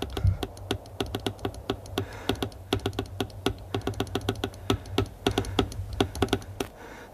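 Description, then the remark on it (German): A teleprinter ticks away as a message comes in, a fast, uneven stream of sharp mechanical clicks over a steady low hum, with no one speaking. “Du spürst die Wellen noch, bevor es tickt? Sei still. Es hat getickt.”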